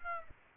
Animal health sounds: mosquito wingbeat signal from an infrared sensor; Aedes aegypti

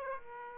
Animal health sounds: mosquito wingbeat signal from an infrared sensor; Aedes aegypti

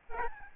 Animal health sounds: mosquito wingbeat signal from an infrared sensor; Aedes albopictus

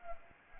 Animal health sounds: mosquito wingbeat signal from an infrared sensor; Anopheles gambiae

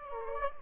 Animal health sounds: mosquito wingbeat signal from an infrared sensor; Aedes aegypti

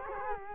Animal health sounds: mosquito wingbeat signal from an infrared sensor; Culex quinquefasciatus

